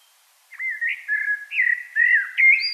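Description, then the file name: Common blackbird giving a continuous fluty warble, several rounded whistled notes rising and falling, ending on a higher squeak. "Turdus merula"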